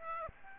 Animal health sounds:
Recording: mosquito wingbeat signal from an infrared sensor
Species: Aedes aegypti

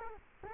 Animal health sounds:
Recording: mosquito wingbeat signal from an infrared sensor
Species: Culex quinquefasciatus

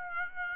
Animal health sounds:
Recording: mosquito wingbeat signal from an infrared sensor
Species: Aedes aegypti

